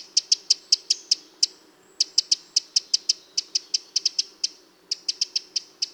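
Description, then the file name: Eurasian wren producing loud, hard ticking calls in quick runs, several per second, with two short breaks in the series and a faint steady hum beneath. "Troglodytes troglodytes"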